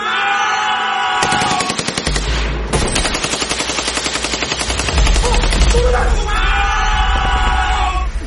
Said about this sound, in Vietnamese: Cả bốn thằng cùng đồng loạt nổ súng và hô xung phong.